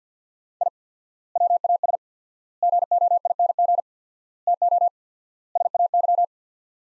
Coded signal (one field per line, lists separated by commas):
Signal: Morse code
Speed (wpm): 50 wpm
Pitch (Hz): 700 Hz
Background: none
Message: I WAS GOING TO SAY